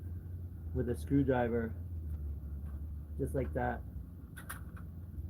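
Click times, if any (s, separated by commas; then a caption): 4.5 s. On an E92 BMW 335i valve cover install, a valve cover component is popped with a screwdriver into its locking indentation on the cylinder head. Someone talks briefly over a low steady hum. A short sharp click at 4.5 s marks the part seating in place.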